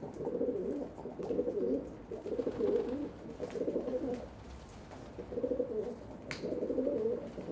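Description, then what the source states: Pigeon cooing in a series of six low, bubbling phrases with short gaps, plus a brief sharp click near the end. Several pigeons on a balcony in Saint-Gilles, Belgium, cooing and fighting with wing beats; recorded with Sony PCM-D100 internal microphones in wide position.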